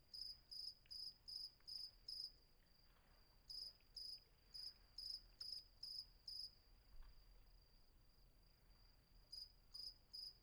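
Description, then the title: Cricket chirping in regular high bursts, with two pauses, the longer one about three seconds, before resuming, with a faint continuous high hum behind. Night atmosphere at Vagia, Patmos, Greece; recorded with Fostex FR-2 and MKH800 microphone. "Patmos, Vagia, Griechenland - Nachtsimmung 03, Grillen"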